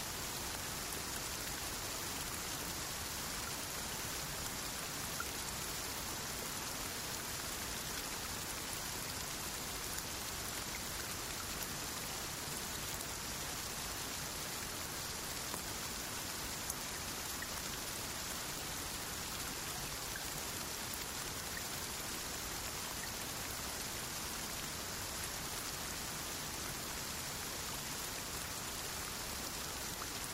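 Gentle rain falls steadily throughout, a dense, even hiss of countless drops with a soft patter on a surface. The sound stays level from start to finish, bright in the upper range with a low, washing undertone, and no distinct events break through.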